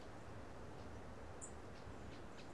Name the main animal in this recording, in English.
Song Thrush